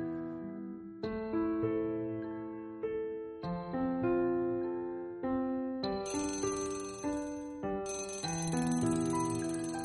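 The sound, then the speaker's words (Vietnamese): A hanging alarm clock rings loudly and shrilly, vibrating, with a tune of bright, bell-like chiming notes, struck one after another in a steady rhythm and left ringing, with no voices. “Tiếng chuông đồng hồ báo thức treo in ỏi đánh thức Thùy Dương sau một cơn mộng dài.”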